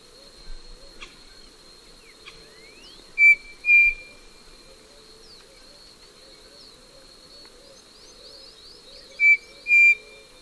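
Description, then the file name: Striped cuckoo whistling two pure notes, the second held longer, repeated about six seconds later; faint chirps from other birds and a constant high insect buzz behind. "Tapera naevia"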